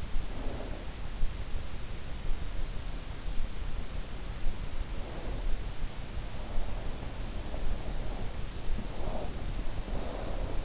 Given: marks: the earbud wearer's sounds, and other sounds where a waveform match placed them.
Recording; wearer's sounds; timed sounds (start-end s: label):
sounds in sleep by an in-ear microphone; snoring breath, breath
0.00-0.80 s: snoring breath
8.11-9.20 s: snoring breath
9.69-10.65 s: breath